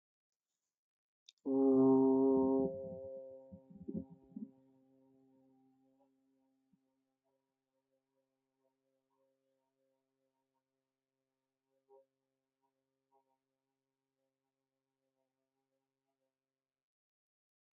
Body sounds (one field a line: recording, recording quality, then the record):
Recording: sustained vowel as in boot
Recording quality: excellent, no background noise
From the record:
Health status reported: healthy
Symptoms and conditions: none ticked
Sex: male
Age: 37 years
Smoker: not ticked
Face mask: not worn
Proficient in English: yes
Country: India